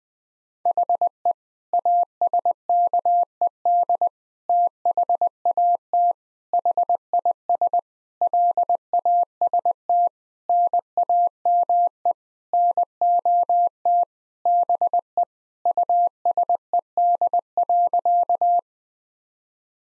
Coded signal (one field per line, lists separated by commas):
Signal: Morse code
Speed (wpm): 20 wpm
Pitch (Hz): 700 Hz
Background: none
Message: HE ASKED THAT HIS LAST NAME NOT BE USED.